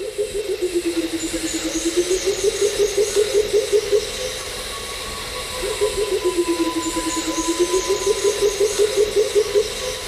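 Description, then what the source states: Pheasant coucal call: a run of deep, hollow hoots that slides down in pitch, then climbs and quickens into a bubbling series, given twice over a soft steady hiss. Whole call; a large, rarely seen bird of the understory that forms lasting pairs and builds its own nest.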